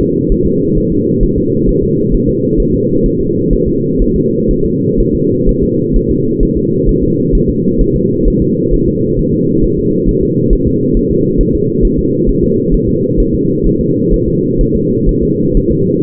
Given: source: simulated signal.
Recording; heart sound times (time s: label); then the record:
fetal heart sounds
0.01 s: S2
0.32 s: S1
0.46 s: S2
0.78 s: S1
0.92 s: S2
1.23 s: S1
1.38 s: S2
1.69 s: S1
1.83 s: S2
2.14 s: S1
2.29 s: S2
2.60 s: S1
2.74 s: S2
3.06 s: S1
3.21 s: S2
3.53 s: S1
3.68 s: S2
4.02 s: S1
4.16 s: S2
4.51 s: S1
4.65 s: S2
5.00 s: S1
5.15 s: S2
5.49 s: S1
5.63 s: S2
5.96 s: S1
6.11 s: S2
6.43 s: S1
6.57 s: S2
6.89 s: S1
7.03 s: S2
7.35 s: S1
7.50 s: S2
7.81 s: S1
7.96 s: S2
8.28 s: S1
8.42 s: S2
8.74 s: S1
8.88 s: S2
9.19 s: S1
9.34 s: S2
9.64 s: S1
9.79 s: S2
10.09 s: S1
10.23 s: S2
10.53 s: S1
10.67 s: S2
10.97 s: S1
11.11 s: S2
11.41 s: S1
11.55 s: S2
11.85 s: S1
11.99 s: S2
12.29 s: S1
12.44 s: S2
12.74 s: S1
12.89 s: S2
13.20 s: S1
13.35 s: S2
13.67 s: S1
13.81 s: S2
14.14 s: S1
14.28 s: S2
14.61 s: S1
14.75 s: S2
15.09 s: S1
15.23 s: S2
15.57 s: S1
15.72 s: S2
From the record:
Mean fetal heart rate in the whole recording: 130 bpm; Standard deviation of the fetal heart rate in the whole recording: 4 bpm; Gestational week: 38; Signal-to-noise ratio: -11.2 dB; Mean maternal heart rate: 72 bpm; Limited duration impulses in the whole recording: present